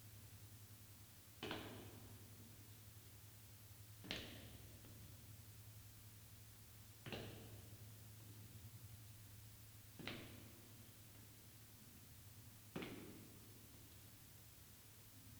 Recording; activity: daily activity, guitar pickup as the sensor; go downstairs